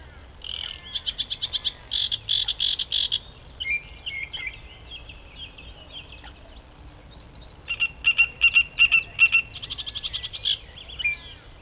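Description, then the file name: Great reed warbler song: harsh grating notes repeated rapidly in several bursts, separated by short pauses. Recorded at Ilkeston on 18 June. "Great Reed Warbler Ilkeston 18 06"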